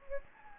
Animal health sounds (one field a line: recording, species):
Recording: mosquito wingbeat signal from an infrared sensor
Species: Anopheles gambiae